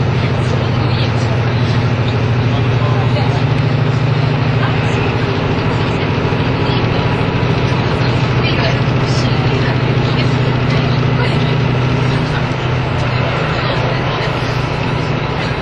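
On the ride from Nagoya to Toyama, a steady low engine drone and rumble runs throughout, with faint murmuring voices layered on top.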